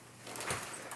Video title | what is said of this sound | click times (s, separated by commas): ARM'S REACH CO-SLEEPER REVIEW & ASSEMBLY | you'll hear them click | 0.4 s